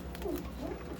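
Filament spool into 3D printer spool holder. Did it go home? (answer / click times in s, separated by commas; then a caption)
yes / 0.2 s. A filament spool is fitted onto its spool holder on a 3D printer, and a plastic part snaps into place with two short clicks at 0.1 and 0.2 seconds over a steady low hum. The spool is seated and can now spin freely.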